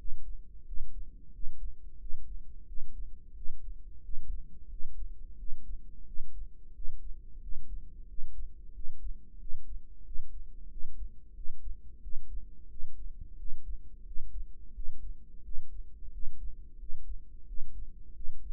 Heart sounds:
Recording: heart sounds by microphone in the right ear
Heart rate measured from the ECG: 89 bpm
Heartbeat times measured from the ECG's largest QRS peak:
0.66 s: heartbeat
1.33 s: heartbeat
2.00 s: heartbeat
2.68 s: heartbeat
3.35 s: heartbeat
4.03 s: heartbeat
4.70 s: heartbeat
5.38 s: heartbeat
6.06 s: heartbeat
6.75 s: heartbeat
7.42 s: heartbeat
8.08 s: heartbeat
8.74 s: heartbeat
9.40 s: heartbeat
10.05 s: heartbeat
10.70 s: heartbeat
11.35 s: heartbeat
12.02 s: heartbeat
12.70 s: heartbeat
13.38 s: heartbeat
14.06 s: heartbeat
14.75 s: heartbeat
15.44 s: heartbeat
16.13 s: heartbeat
16.80 s: heartbeat
17.47 s: heartbeat
18.15 s: heartbeat
From the record:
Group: healthy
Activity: rest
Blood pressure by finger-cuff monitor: 133/85 mmHg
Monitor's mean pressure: 101 mmHg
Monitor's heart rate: 89 bpm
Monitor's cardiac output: 7.1 L/min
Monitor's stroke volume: 81 mL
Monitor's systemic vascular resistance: 1060 dyn s/cm5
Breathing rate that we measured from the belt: 20 breaths a minute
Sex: male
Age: 21 years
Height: 175 cm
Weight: 72.6 kg

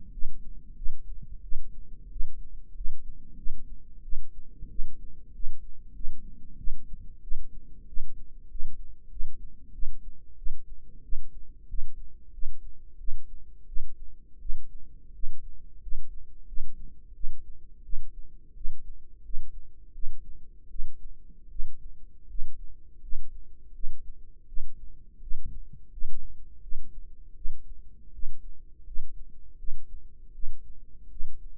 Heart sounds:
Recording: heart sounds by microphone in the right ear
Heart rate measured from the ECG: 87 bpm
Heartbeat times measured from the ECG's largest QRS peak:
0.12 s: heartbeat
0.76 s: heartbeat
1.42 s: heartbeat
2.10 s: heartbeat
2.75 s: heartbeat
3.37 s: heartbeat
4.03 s: heartbeat
4.69 s: heartbeat
5.33 s: heartbeat
5.94 s: heartbeat
6.58 s: heartbeat
7.22 s: heartbeat
7.87 s: heartbeat
8.49 s: heartbeat
9.10 s: heartbeat
9.73 s: heartbeat
10.37 s: heartbeat
11.03 s: heartbeat
11.68 s: heartbeat
12.32 s: heartbeat
12.98 s: heartbeat
13.67 s: heartbeat
14.40 s: heartbeat
15.13 s: heartbeat
15.81 s: heartbeat
16.47 s: heartbeat
17.14 s: heartbeat
17.83 s: heartbeat
18.55 s: heartbeat
19.24 s: heartbeat
19.93 s: heartbeat
20.69 s: heartbeat
21.50 s: heartbeat
22.28 s: heartbeat
23.02 s: heartbeat
23.74 s: heartbeat
24.47 s: heartbeat
25.21 s: heartbeat
25.91 s: heartbeat
26.62 s: heartbeat
27.35 s: heartbeat
28.13 s: heartbeat
28.85 s: heartbeat
29.58 s: heartbeat
30.33 s: heartbeat
31.10 s: heartbeat
From the record:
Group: healthy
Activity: rest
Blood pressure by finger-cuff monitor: 117/74 mmHg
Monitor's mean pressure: 85 mmHg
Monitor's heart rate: 90 bpm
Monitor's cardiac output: 7 L/min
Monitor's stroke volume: 77 mL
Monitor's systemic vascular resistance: 890 dyn s/cm5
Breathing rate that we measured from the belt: 19 breaths a minute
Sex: female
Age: 22 years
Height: 163 cm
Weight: 67.1 kg

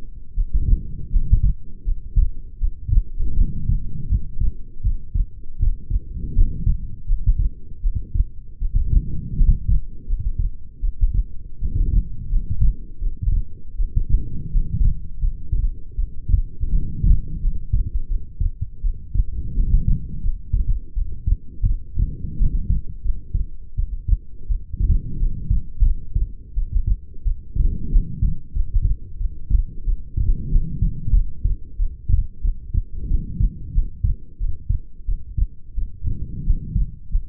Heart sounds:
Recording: heart sounds by stethoscope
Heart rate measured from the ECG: 85 bpm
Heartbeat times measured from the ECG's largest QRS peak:
0.33 s: heartbeat
1.09 s: heartbeat
1.83 s: heartbeat
2.58 s: heartbeat
3.34 s: heartbeat
4.07 s: heartbeat
4.80 s: heartbeat
5.56 s: heartbeat
6.32 s: heartbeat
7.05 s: heartbeat
7.80 s: heartbeat
8.58 s: heartbeat
9.35 s: heartbeat
10.05 s: heartbeat
10.80 s: heartbeat
11.59 s: heartbeat
12.28 s: heartbeat
12.98 s: heartbeat
13.75 s: heartbeat
14.50 s: heartbeat
15.19 s: heartbeat
15.95 s: heartbeat
16.69 s: heartbeat
17.40 s: heartbeat
18.07 s: heartbeat
18.81 s: heartbeat
19.54 s: heartbeat
20.20 s: heartbeat
20.93 s: heartbeat
21.65 s: heartbeat
22.36 s: heartbeat
23.01 s: heartbeat
23.75 s: heartbeat
24.46 s: heartbeat
25.17 s: heartbeat
25.82 s: heartbeat
26.53 s: heartbeat
27.22 s: heartbeat
27.89 s: heartbeat
28.52 s: heartbeat
29.17 s: heartbeat
29.84 s: heartbeat
30.49 s: heartbeat
31.12 s: heartbeat
31.76 s: heartbeat
32.41 s: heartbeat
33.07 s: heartbeat
33.72 s: heartbeat
34.37 s: heartbeat
35.05 s: heartbeat
35.74 s: heartbeat
36.43 s: heartbeat
37.09 s: heartbeat
From the record:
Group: healthy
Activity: light exercise 0-31 s, rest 31-37 s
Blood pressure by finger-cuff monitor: 119/76 mmHg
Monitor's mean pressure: 91 mmHg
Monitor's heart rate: 83 bpm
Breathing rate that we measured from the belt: 22 breaths a minute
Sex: female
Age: 22 years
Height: 160 cm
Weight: 45 kg

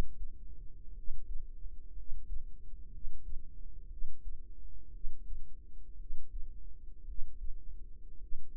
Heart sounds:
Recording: heart sounds by microphone in the right ear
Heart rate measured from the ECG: 58 bpm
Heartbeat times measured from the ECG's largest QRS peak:
0.92 s: heartbeat
1.93 s: heartbeat
2.88 s: heartbeat
3.87 s: heartbeat
4.89 s: heartbeat
5.95 s: heartbeat
7.03 s: heartbeat
8.17 s: heartbeat
From the record:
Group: healthy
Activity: cold pressor test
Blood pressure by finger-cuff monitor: 113/62 mmHg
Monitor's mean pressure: 76 mmHg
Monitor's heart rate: 56 bpm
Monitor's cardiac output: 5.1 L/min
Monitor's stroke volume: 87 mL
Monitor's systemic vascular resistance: 1070 dyn s/cm5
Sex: male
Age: 25 years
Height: 170 cm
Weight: 70.4 kg

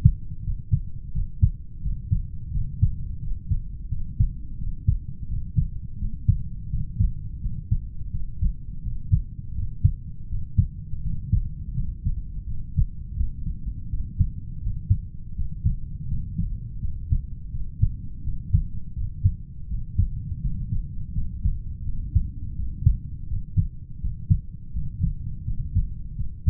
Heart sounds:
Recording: heart sounds by stethoscope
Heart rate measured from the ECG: 84 bpm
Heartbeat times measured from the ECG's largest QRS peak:
0.42 s: heartbeat
1.12 s: heartbeat
1.81 s: heartbeat
2.50 s: heartbeat
3.19 s: heartbeat
3.88 s: heartbeat
4.57 s: heartbeat
5.27 s: heartbeat
5.98 s: heartbeat
6.69 s: heartbeat
7.39 s: heartbeat
8.10 s: heartbeat
8.81 s: heartbeat
9.53 s: heartbeat
10.28 s: heartbeat
11.01 s: heartbeat
11.73 s: heartbeat
12.45 s: heartbeat
13.17 s: heartbeat
13.88 s: heartbeat
14.60 s: heartbeat
15.34 s: heartbeat
16.07 s: heartbeat
16.79 s: heartbeat
17.50 s: heartbeat
18.22 s: heartbeat
18.94 s: heartbeat
19.67 s: heartbeat
20.40 s: heartbeat
21.12 s: heartbeat
21.82 s: heartbeat
22.54 s: heartbeat
23.27 s: heartbeat
23.99 s: heartbeat
24.72 s: heartbeat
25.44 s: heartbeat
26.14 s: heartbeat
From the record:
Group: heart failure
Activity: rest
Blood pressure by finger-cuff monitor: 79/49 mmHg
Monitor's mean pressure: 56 mmHg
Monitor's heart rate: 83 bpm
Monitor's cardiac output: 6.8 L/min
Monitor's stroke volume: 81 mL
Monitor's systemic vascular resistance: 570 dyn s/cm5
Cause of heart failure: idiopathic cardiomyopathy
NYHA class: 2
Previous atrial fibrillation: present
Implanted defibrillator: present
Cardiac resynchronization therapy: present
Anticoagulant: warfarin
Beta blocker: metoprolol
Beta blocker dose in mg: 50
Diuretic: furosemide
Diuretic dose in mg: 40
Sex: male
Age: 62 years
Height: 184 cm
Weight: 101 kg

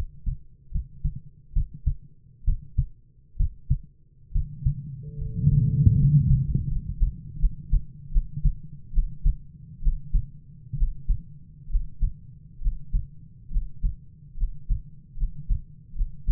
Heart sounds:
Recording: heart sounds by stethoscope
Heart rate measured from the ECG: 71 bpm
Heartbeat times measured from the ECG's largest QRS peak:
0.71 s: heartbeat
1.52 s: heartbeat
2.44 s: heartbeat
3.36 s: heartbeat
4.31 s: heartbeat
5.17 s: heartbeat
5.95 s: heartbeat
6.67 s: heartbeat
7.38 s: heartbeat
8.10 s: heartbeat
8.92 s: heartbeat
9.81 s: heartbeat
10.76 s: heartbeat
11.68 s: heartbeat
12.60 s: heartbeat
13.49 s: heartbeat
14.35 s: heartbeat
15.15 s: heartbeat
15.93 s: heartbeat
From the record:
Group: healthy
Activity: rest 0-7 s, Valsalva maneuver 7-16 s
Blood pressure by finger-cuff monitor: 108/60 mmHg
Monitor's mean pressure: 71 mmHg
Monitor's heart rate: 67 bpm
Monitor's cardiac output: 7.6 L/min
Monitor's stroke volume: 108 mL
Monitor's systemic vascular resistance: 660 dyn s/cm5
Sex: male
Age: 22 years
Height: 185 cm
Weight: 112.4 kg

